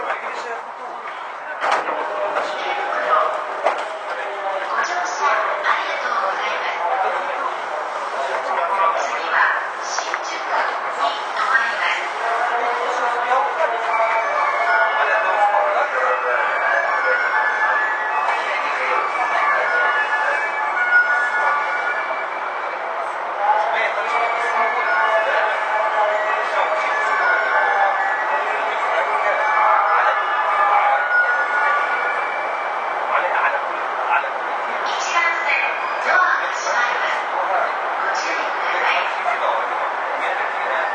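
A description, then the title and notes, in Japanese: A Saikyo Line train running, with a steady, dense layer of sound that holds an even level for the whole stretch. Voices carry through it almost continuously, and faint sustained whining tones rise and fall underneath, with brief clatters scattered throughout. JRE233系 武蔵浦和〜新宿。埼京線の走行音です。ICレコーダーで録音しました。編成は10両編成。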